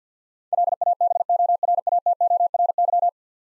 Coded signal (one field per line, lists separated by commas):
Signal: Morse code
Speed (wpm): 50 wpm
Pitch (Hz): 700 Hz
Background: none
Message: LABORATORY